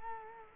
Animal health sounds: mosquito wingbeat signal from an infrared sensor; Culex quinquefasciatus

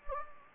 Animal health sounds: mosquito wingbeat signal from an infrared sensor; Anopheles gambiae

